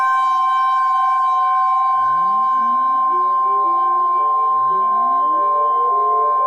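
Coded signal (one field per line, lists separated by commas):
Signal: Emergency Alert System (SAME) tones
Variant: 1050 Hz attention tone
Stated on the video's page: Fictional EAS scenario remake.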